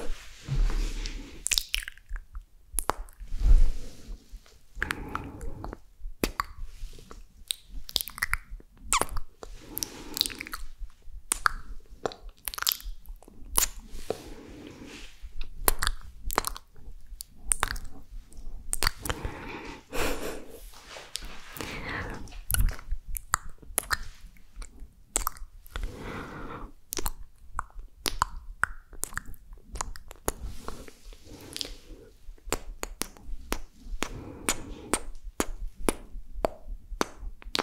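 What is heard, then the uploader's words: Dry mouth sounds of chewing, with rapid crunchy clicks and wet smacks packed densely through the whole stretch. Sharp bright snaps stand out every second or so against soft smacking, and faint low murmurs sit underneath at a steady, unhurried pace. ASMR Mouth Sounds Chewing Sounds.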